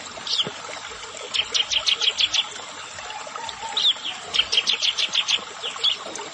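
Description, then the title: Bar-winged prinia: a chirp, then a short burst of evenly spaced sharp high notes, the pattern heard twice with quiet gaps between. "Ciblek Sawah"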